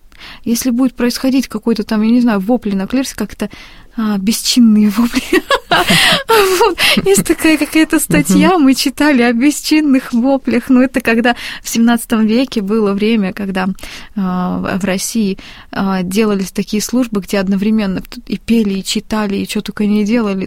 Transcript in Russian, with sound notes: А если будут происходить какие-то, не знаю, вопли на клиросе, как это... «бесчинные вопли»... (смеется) Есть такая какая-то статья, мы читали, о «бесчинных воплях» — ну это когда в 17 веке было время, когда в России делались такие службы, где одновременно и пели, и читали, и чего только не делали...